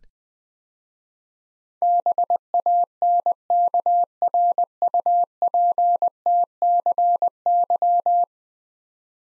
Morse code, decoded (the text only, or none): BANKRUPTCY